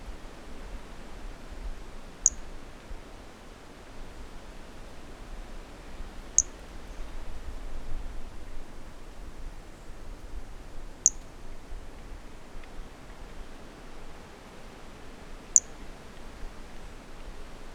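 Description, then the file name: Brachycephalus mirissimus calling: four very high, sharp, click-like notes spaced about four to five seconds apart, over a steady rumble of wind. Individual 09 recorded at 150 cm on 15 January 2018, first note missing, with wind; specimen collected (MHNCI). "Brachycephalus mirissimus 15 jan 2018 individual 09 ex 02 150 cm first note missing with wind M R Bornschein collected MHNCI"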